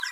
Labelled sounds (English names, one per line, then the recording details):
Green-rumped Parrotlet babbling
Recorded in a nest box in Venezuela
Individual 18B25A4